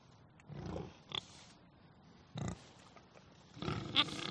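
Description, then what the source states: Pigs giving scattered grunts and a few brief squeals, separated by quieter pauses. Agitated, crazed pigs.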